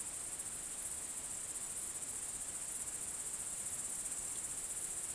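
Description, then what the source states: Cricket gives an unbroken high-pitched trill, with several brighter accented pulses at regular intervals. Natural night sounds intended for relaxation.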